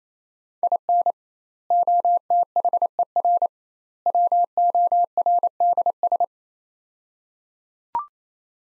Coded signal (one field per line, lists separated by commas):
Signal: Morse code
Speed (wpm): 28 wpm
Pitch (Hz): 700 Hz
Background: none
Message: IN OTHER WORDS